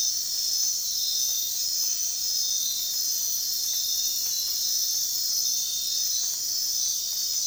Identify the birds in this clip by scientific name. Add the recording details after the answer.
none. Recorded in dense forest near Puerto Asís, Putumayo, Colombia, on 18 February 2024 at 03:00. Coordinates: 0.466, -76.327. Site G6413